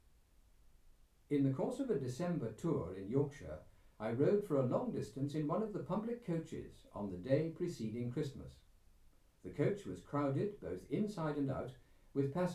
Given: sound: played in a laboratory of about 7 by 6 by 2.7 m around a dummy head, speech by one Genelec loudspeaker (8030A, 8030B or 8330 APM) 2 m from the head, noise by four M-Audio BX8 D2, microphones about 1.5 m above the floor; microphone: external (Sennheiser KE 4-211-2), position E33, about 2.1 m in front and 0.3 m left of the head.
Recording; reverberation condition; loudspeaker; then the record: male speech in English; low; 60 degrees to the left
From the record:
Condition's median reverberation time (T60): about 310 ms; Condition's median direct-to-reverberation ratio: about 3.5 dB